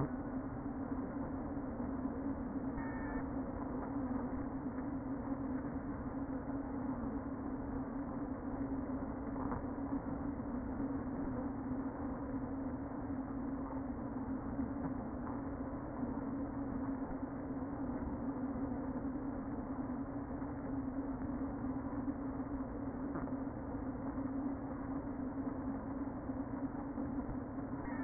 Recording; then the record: honeybee colony, microphone inside the hive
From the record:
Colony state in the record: queen present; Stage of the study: before two queens were removed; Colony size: about 60,000 bees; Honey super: yes